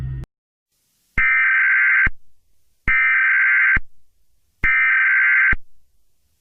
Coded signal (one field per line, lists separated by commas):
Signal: Emergency Alert System (SAME) tones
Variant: header bursts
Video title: The Halloween Entities (EAS Scenario) Part 1